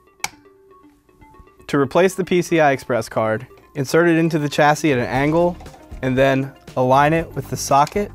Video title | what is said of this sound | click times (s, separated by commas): ThinkCentre M83 / M93p Small Form Factor Desktop - Coin Cell Battery Replacement | and press down until the clip snaps into place. | 0.2 s